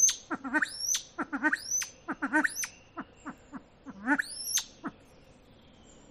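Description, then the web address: Silver pheasant uttering uneven runs of short clucks and harsh chuckling notes, with high, thin, rising squeals. "kvasovets lophura-nycthemera-sound"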